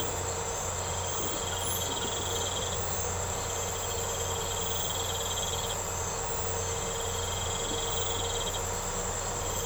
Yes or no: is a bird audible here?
no